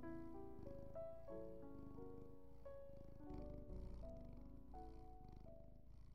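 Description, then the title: Domestic cat purring, a steady low rumble under calm music with sustained, slowly changing tones. Soothing purring cat with calming music, used as background in a guided relaxation meditation. "Serene Feline. Cat Purring"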